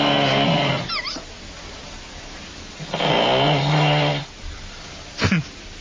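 Two long, loud, low-pitched buzzing snores about three seconds apart, each with a coarse rattling vibration, followed by a brief sharp noise. This is heavy, habitual snoring in an adult woman asleep at home, from vibration of the soft tissues of the upper airway during sleep; she has snored every night since she was young, for over 34 years.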